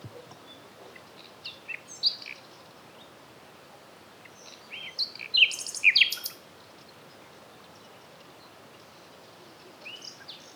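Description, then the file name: Common nightingale song: scattered short whistles and clicks, then one brief, richer phrase, over steady background hiss. "Luscinia megarhynchos"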